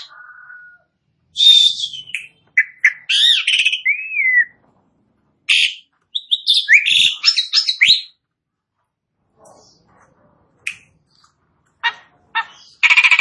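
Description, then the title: Asian pied starling singing in bursts: buzzy chatter, a slurred whistle, then scratchy phrases separated by pauses, ending with harsh grating notes. Starling starts singing in under a minute. "Belum Satu Menit Jalak Suren Langsung Bunyi"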